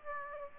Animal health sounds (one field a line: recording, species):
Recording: mosquito wingbeat signal from an infrared sensor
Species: Aedes aegypti